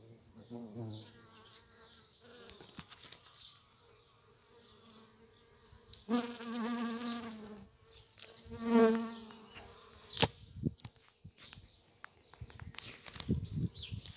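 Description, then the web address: Bees buzzing in flight, a low droning hum that swells loudly twice as insects pass by, with faint quieter buzzing between. Bees and mason bees buzzing in flight. "Vols Bourdnabeilles 220507-Abeillesetosmie"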